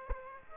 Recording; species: mosquito wingbeat signal from an infrared sensor; Aedes aegypti